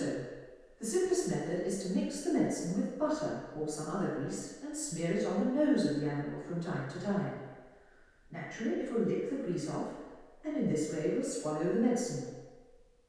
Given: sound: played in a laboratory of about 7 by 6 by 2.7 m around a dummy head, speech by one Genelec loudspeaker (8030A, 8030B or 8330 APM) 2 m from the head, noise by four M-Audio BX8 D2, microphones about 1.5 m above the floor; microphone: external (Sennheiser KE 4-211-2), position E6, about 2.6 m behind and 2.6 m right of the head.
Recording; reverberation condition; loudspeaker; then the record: female speech in English; high; in front (0 degrees)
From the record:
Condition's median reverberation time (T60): about 1300 ms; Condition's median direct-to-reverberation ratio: about -4.0 dB